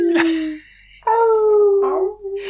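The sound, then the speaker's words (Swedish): A human voice imitates a werewolf howling far away, with two drawn-out, wavering tonal cries. The first is steady and fades, the second starts higher and slides downward, ending in a breathy rush. “Nej, men vet du, och sen en varulv som ylar långt borta så här.”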